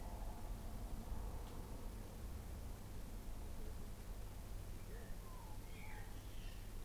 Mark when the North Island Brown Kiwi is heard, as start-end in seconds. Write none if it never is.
none